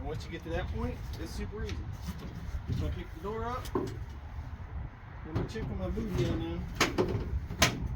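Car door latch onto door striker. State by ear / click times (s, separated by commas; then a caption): seated / 7.6 s. A 1993 Cobra's car door is lifted and its latch is pushed onto the newly installed striker before the hinges are bolted, while someone talks. A sharp click at 7.6 seconds marks the latch catching on the striker, and the door is seated.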